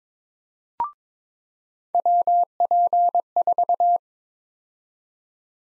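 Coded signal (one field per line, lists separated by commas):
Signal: Morse code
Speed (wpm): 22 wpm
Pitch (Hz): 700 Hz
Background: none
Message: WP4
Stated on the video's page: Practice drill of USA call sign prefixes at 22 wpm, each prefix sent twice in Morse.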